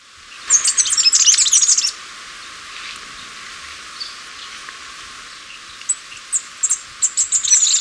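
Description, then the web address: Masked flowerpiercer song, a rapid high twittering burst of thin notes lasting over a second, with scattered faint chips after and another quick high twitter near the end. Recorded in Ecuador. "Natures Songs S America Birds of Ecuador. Masked Flowerpiercer"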